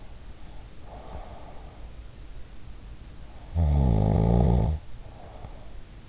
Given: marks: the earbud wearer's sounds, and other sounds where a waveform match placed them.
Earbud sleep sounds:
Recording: sounds in sleep by an in-ear microphone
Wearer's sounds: breath, snoring breath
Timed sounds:
0.65-2.09 s: breath
3.61-6.09 s: snoring breath

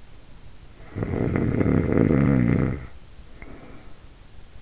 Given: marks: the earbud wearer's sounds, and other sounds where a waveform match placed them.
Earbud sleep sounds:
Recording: sounds in sleep by an in-ear microphone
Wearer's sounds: snoring breath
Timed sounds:
0.70-4.13 s: snoring breath

